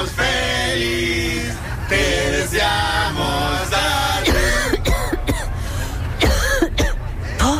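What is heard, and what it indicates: Group singing of a birthday song gives way to acted bursts of wet, harsh coughing from an adult, portraying a coughing fit that keeps the person from joining the celebration; a cough with phlegm.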